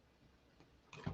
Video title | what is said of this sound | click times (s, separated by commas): Solder Sesh #54 - Jorvon Moss / Odd Jayy and Bots! | because you can like push up with your thumb just a little bit just to flex it and then it just snaps right in | 0.9 s